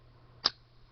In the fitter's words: push it forward just a little bit snapped in place I know you heard that alright